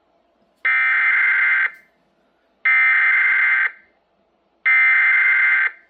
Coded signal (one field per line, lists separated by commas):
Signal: Emergency Alert System (SAME) tones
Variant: header bursts